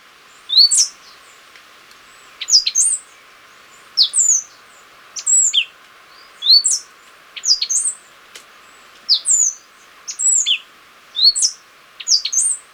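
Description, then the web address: Stripe-headed brush-finch song: very high, thin whistled phrases with sharp slurred notes, repeated every second or so, over faint steady hiss. Ecuador. "Natures Songs S America Birds of Ecuador. Stripe-Headed Brush-Finch"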